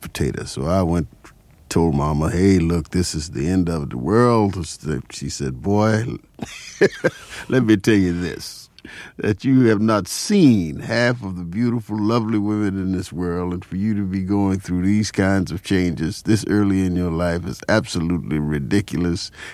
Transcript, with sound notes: So I went, told mama, hey, look, this is the end of the world. She said, boy, (laughter) let me tell you this - that you have not seen half of the beautiful, lovely women in this world, and for you to be going through these kinds of changes this early in your life is absolutely ridiculous.